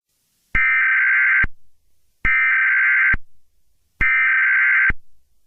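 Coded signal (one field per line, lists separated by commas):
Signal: Emergency Alert System (SAME) tones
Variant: header bursts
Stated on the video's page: Fictional EAS scenario, a simulated alert rather than a real broadcast.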